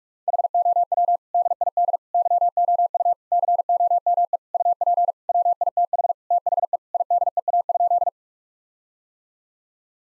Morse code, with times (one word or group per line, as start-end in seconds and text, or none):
0.3-1.2 HOW
1.3-2.0 DID
2.1-3.1 YOU
3.3-4.4 COME
4.5-5.1 UP
5.3-6.1 WITH
6.3-6.8 THE
6.9-8.1 IDEA?